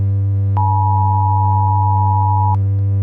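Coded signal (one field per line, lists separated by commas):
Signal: Emergency Alert System (SAME) tones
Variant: 853 and 960 Hz attention tone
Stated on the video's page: Simulated fictional EAS scenario.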